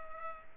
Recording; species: mosquito wingbeat signal from an infrared sensor; Culex pipiens